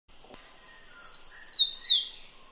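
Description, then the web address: Grey warbler song, a sweet high trilling phrase of wavering notes sliding downward, lasting about two seconds. "grey warbler bird call"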